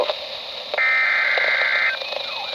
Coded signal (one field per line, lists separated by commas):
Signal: Emergency Alert System (SAME) tones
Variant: header bursts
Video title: Severe Thunderstorm Warning (EAS #867) 6/10/15